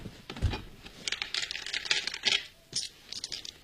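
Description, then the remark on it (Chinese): Hard mahjong tiles clatter and clack across a table set up for a game of mahjong, in quick, irregular bursts, with a dull thump early on and a steady rattling shuffle after. No one speaks. “摆个桌面打麻将。”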